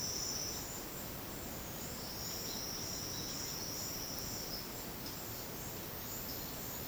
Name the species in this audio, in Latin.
none